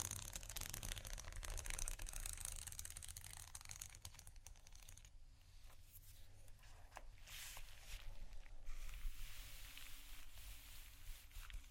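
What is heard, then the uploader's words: Soft, slow scratching rasps on continuously, dense and bright through the first five seconds, then thinner with scattered strokes over a low steady rumble. Slow, Deep & Soft Scratching (No Talking).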